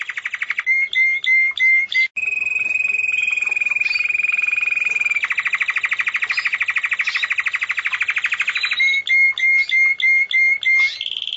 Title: kicau gelatik